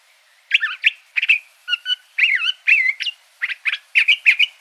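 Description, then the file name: Curve-billed thrasher song in short clustered phrases of warbled, slurred and chirping notes, with brief gaps between bursts. Recorded in Arizona. "CBTH 8 Deviche"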